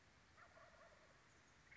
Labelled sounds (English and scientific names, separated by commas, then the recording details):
Wild Turkey (Meleagris gallopavo)
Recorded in Sonoma County, California